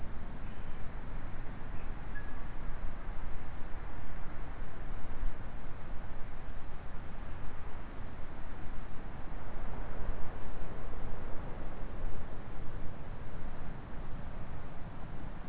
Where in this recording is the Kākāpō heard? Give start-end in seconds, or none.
none